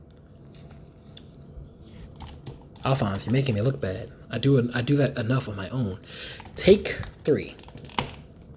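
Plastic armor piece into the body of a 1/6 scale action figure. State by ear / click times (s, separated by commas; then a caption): seated / 8.0 s. On the third try, a plastic armor piece is pushed into the body of a ThreeZero 1/6 scale Fullmetal Alchemist Brotherhood Alphonse action figure. Someone talks while faint handling rustles and small taps are heard, followed by a sharp click at 8.0 s. The armor piece clicks into place and is seated.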